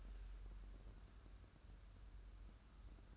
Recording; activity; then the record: daily activity, microphone in the room; take from stove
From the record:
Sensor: 2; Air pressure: 994.3 hPa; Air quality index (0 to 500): 217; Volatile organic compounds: 1000 ppm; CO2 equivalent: 7200 ppm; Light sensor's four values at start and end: 138/328/139/144 and 138/328/139/144